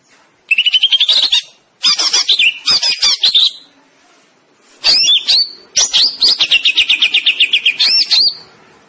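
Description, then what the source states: Greater green leafbird singing quick bursts of repeated chirping notes and slurred whistles, separated by short silent gaps. Cucak ijo, a singing bird described as gacor, meaning singing loudly and continuously.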